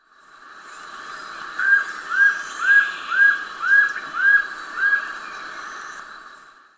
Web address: Natures Songs S America Birds of Ecuador White-streaked Antvireo